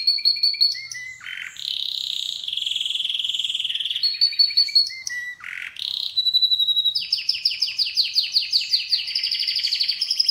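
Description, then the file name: Canary singing: short whistles, buzzy sustained rolls and sliding notes, repeated twice, then a long series of rapid rising chirps. "Canary Voice"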